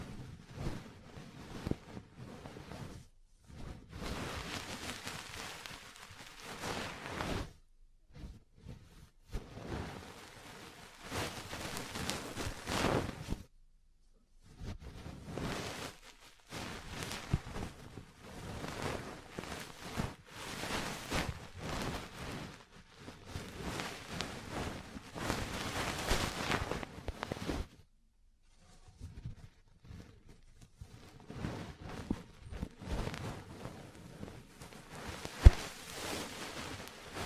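Ear cleaning and massage sounds come in dense, crackly bursts of rubbing and tapping that fill the whole range from low thumps to bright scratches. Bursts last a few seconds each, broken by short silences near 3, 8, 14, 16, 23 and 29 seconds.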